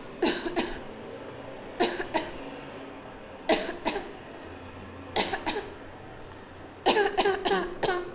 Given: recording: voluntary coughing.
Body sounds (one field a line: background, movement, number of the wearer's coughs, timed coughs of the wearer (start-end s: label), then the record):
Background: traffic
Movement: sitting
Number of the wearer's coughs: 12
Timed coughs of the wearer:
0.20-0.54 s: cough
0.54-0.74 s: cough
1.77-2.13 s: cough
2.13-2.35 s: cough
3.46-3.75 s: cough
3.85-4.05 s: cough
5.13-5.42 s: cough
5.45-5.67 s: cough
6.83-7.15 s: cough
7.15-7.43 s: cough
7.43-7.71 s: cough
7.80-8.08 s: cough
From the record:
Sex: female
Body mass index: 18.3 kg/m2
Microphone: on the chest, facing outward